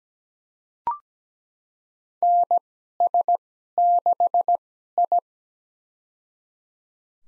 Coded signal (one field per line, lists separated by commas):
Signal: Morse code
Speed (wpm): 17 wpm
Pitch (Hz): 700 Hz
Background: none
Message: NS6I